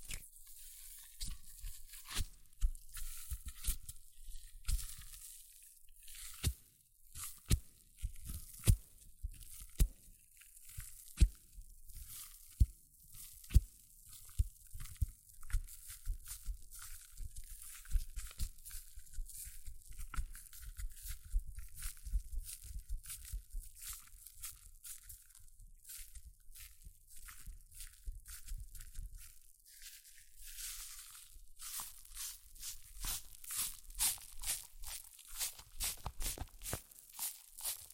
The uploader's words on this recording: ASMR Extreme Fizzing Tingles Hair Mousse Sounds(No Talking).